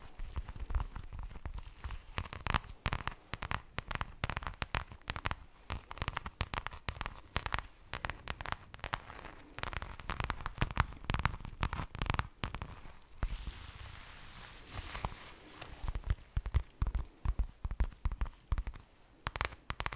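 Tapping continues throughout as a steady run of sharp, crisp knocks, several each second in an uneven rhythm and varying in loudness. Around 13 to 15 seconds the taps thin out under a soft, bright hiss, then resume at the same pace.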